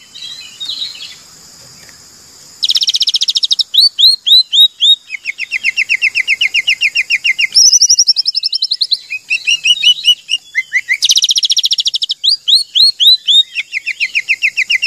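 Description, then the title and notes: Oriental magpie-robin song: rapid buzzy trills and quick series of down-slurred whistled notes, repeated in dense bursts with brief pauses. Long-duration song material (isian) for training captive birds to sing vigorously (gacor) day and night. "Kacer Jadi Gacor Siang Malam. Isian Kacer Durasi Panjang"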